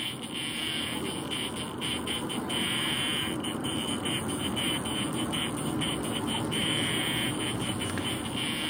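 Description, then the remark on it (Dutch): A newly emerged mason bee gnawing its way out of one of the tunnels of a bee hotel where mason bees laid their eggs, a continuous rough, droning hum with a thin high whine over it, no pauses throughout. “Tessa Slingerland die hoort vanuit haar bijenhotel dit geluid komen”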